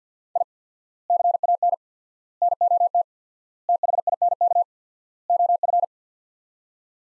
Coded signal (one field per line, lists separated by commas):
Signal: Morse code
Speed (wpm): 50 wpm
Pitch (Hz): 700 Hz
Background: none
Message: I CAN NOT THINK OF